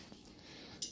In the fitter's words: just pull up until it clicks and then that is the full extent and then